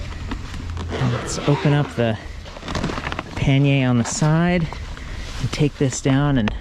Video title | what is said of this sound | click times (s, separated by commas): Rear Rack for Full Suspension Mountain Bikes, Topeak TetraRack Review | lineup that track is, so it's hard with one hand and then there we go, clicks right in. | 0.3 s